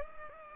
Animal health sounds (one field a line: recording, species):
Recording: mosquito wingbeat signal from an infrared sensor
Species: Culex pipiens